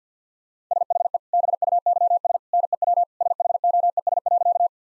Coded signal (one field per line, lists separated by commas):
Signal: Morse code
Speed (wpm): 50 wpm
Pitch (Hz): 700 Hz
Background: none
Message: SHE BUYS NEW SHOES.